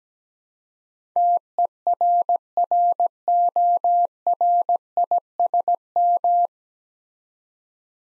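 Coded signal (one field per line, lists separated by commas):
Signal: Morse code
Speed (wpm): 17 wpm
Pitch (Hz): 700 Hz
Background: none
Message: TERRORISM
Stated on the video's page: Morse practice drill at 17 wpm building 9-letter words three letters at a time, for instant character recognition.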